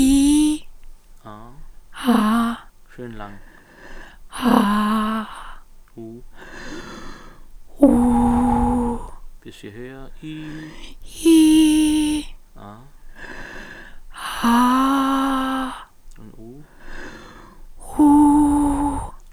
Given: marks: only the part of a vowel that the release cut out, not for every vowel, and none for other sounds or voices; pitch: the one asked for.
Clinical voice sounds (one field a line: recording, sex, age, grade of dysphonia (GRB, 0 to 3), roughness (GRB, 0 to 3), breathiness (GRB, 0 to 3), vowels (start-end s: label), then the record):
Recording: sustained vowels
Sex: female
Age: 50 to 59 years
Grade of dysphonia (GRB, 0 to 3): 2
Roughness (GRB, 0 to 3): 0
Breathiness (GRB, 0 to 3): 2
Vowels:
0.00-0.51 s: vowel /i/, normal pitch
4.59-5.16 s: vowel /a/, normal pitch
7.96-8.79 s: vowel /u/, normal pitch
11.31-12.10 s: vowel /i/, high pitch
14.50-15.62 s: vowel /a/, high pitch
18.05-18.92 s: vowel /u/, high pitch
From the record:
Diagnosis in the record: recurrent laryngeal nerve paralysis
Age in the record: 54 years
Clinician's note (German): Strumiprive, beidseitig, alte rechts, hier excavierte Stimmlippe, links keine Restbeweglichkeit, Stridor